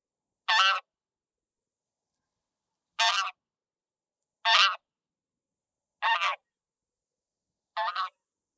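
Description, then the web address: Bean goose giving five separate nasal, harmonic honks, spaced about one and a half to two and a half seconds apart, with silence between them. "hishikui"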